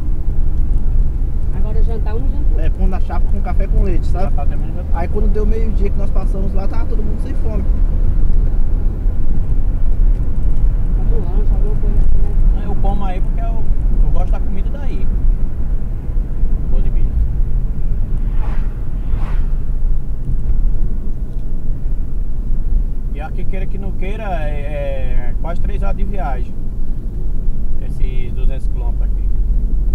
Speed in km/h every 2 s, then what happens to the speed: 57, 60, 64, 66, 72, 75, 71, 64, 57, 54, 51, 49, 47, 46, 47.
0-11 speeds up to 75. 11-24 slows to 47. 24-30 steady at about 47.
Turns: none.